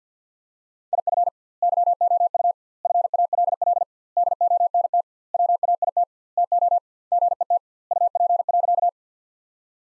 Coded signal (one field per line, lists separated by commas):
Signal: Morse code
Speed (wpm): 50 wpm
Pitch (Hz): 700 Hz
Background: none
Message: IF YOU FALL DONT WAIT TO GET UP.